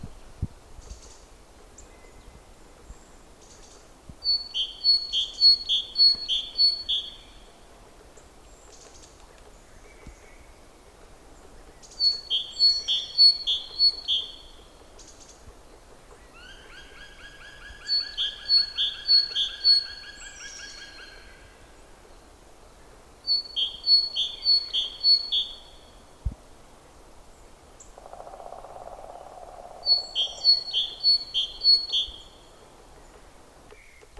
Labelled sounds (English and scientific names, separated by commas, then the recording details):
Great Tit (Parus major) song
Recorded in the wild
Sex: male
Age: adult
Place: Prenden, Brandenburg, DE
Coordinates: 52.8347, 13.62
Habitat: wood
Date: 1992-03-07 13:50
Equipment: Aiwa HD-S1, Sennheiser ME 80, 1:1 Kopie
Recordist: Frommolt, Karl-Heinz